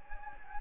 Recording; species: mosquito wingbeat signal from an infrared sensor; Anopheles gambiae